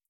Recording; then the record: hydrophone in a shrimp aquaculture tank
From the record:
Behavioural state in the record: feeding